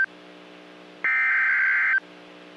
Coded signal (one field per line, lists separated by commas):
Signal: Emergency Alert System (SAME) tones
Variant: header bursts